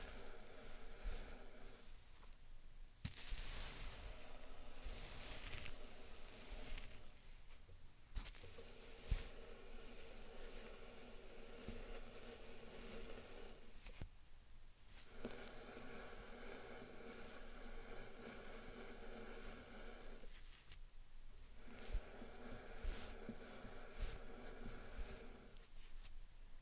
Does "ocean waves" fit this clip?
no